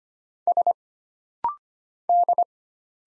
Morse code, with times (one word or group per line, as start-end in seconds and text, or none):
0.5-0.7 S
2.1-2.4 D